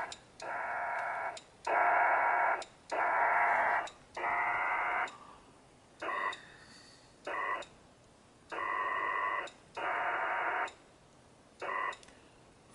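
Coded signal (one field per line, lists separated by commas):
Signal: HF data modem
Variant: PACTOR-III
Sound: about nine buzzing, hissy data bursts of roughly a second, separated by brief pauses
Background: radio static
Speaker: and there we are making connections of course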